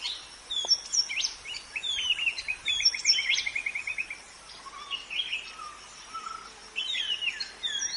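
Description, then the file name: White-rumped shama singing a varied mix of clear whistles, short rapid trills and a few lower mellow notes. Forest shama; recorded in forest. "suara muraibatu hutan omkicau"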